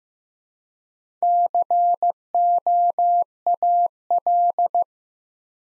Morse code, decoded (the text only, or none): COAL